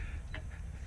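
On a BMW E66, the plastic ball socket on the second end of the trunk lift spring/strut is pushed by hand onto its metal ball stud on the trunk hinge. A single short, sharp snap at 0.4 seconds stands out over a steady low hum. The socket seats on the stud.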